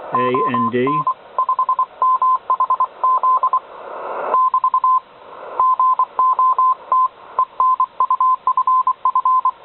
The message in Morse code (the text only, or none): ON 5MHZ <BT> GOT ENUFF